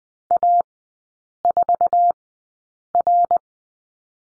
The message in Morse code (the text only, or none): A4R